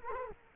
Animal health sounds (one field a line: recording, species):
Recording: mosquito wingbeat signal from an infrared sensor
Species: Culex quinquefasciatus